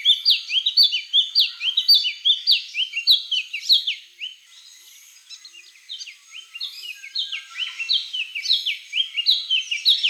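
Fairy gerygone singing a high, tumbling run of sweet descending notes, pausing briefly midway before resuming the rapid cascade.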